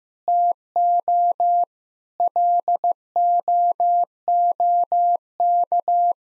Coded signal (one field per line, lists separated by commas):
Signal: Morse code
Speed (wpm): 15 wpm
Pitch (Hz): 700 Hz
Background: none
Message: TO LOOK